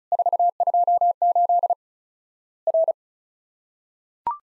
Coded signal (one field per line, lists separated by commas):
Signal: Morse code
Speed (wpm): 36 wpm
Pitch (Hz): 700 Hz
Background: none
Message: 428 R